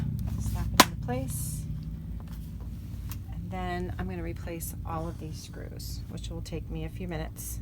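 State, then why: Seated. A repaired plastic inner door ring is pressed around the edge of the door of a Splendide 2100XC washer dryer combo. It snaps into place with a sharp, loud snap at 0.8 seconds, seating the ring. Someone talks over a low background hum before and after.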